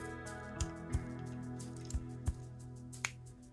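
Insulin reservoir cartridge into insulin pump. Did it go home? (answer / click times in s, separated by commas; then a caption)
yes / 3.0 s. A filled insulin reservoir cartridge is installed into the body of an insulin pump over steady background music with several soft knocks. It seats with a small, sharp click at 3.0 seconds, and the fit is confirmed as good.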